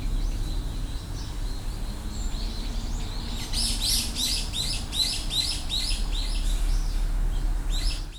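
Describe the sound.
Bird calls: a quick run of bright high chirps, several a second, over a constant low drone.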